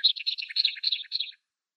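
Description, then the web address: Bobolink song as a fast, gurgling run of bright, jangling notes for over a second before stopping. "Schulze Peter Bobolink song"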